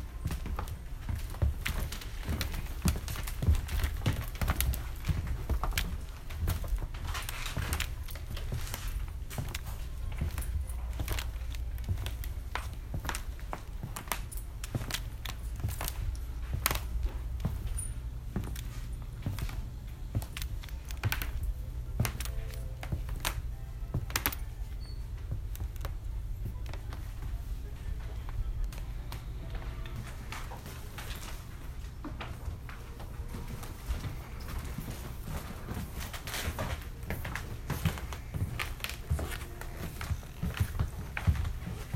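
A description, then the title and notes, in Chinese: Footsteps and creaks on a wooden floor late at night, heard as irregular knocks and taps scattered across the whole recording, some sharp, others softer. A steady low hum sits underneath throughout. 半夜敦南誠品的木地板聲。暖色的實木地板和台階。走過20幾年的老木頭嘎嘎響著。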